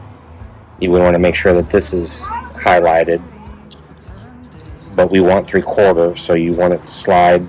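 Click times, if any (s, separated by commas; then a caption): none. Someone talks while handling the adjustable thickness setting slide on a pocket hole jig, about to slide it to the three-quarter position. The slide has not locked into place yet; nothing has seated or clicked.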